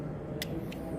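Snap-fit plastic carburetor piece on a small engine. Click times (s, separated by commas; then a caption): 0.4 s. A small tool pries up a snap-fit plastic piece on a lawn mower carburetor against a steady low background rumble. A sharp click at 0.4 s marks the piece popping up and releasing, followed by a fainter tick at 0.7 s.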